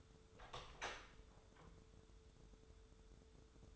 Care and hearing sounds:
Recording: daily activity, microphone in the room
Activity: open door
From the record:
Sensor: 3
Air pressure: 1015.2 hPa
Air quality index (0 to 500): 157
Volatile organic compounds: 10 ppm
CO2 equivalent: 2241 ppm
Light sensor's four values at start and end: 15/40/16/17 and 15/40/16/17

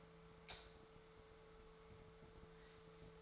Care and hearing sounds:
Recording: daily activity, microphone in the room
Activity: light on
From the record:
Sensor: 3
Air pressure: 1014.7 hPa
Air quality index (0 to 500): 194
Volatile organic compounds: 25 ppm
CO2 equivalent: 2839 ppm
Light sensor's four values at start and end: 39/98/42/45 and 42/107/46/48

